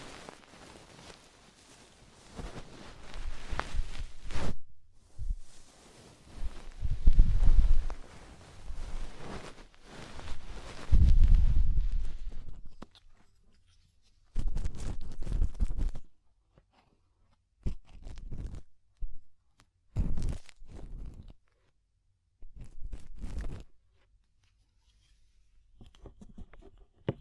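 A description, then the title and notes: Deep ear cleaning, heard as bursts of rubbing, scraping and crackling that come and go irregularly. The first half is busier, with heavy low thumps near 7 and 11 seconds. Later, short separate scratches break up stretches of near silence. DEEP Ear Penetrating Cleaning.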